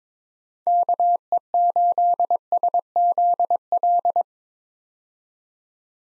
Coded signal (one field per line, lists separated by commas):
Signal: Morse code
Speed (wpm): 22 wpm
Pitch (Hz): 700 Hz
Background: none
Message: KE8SZL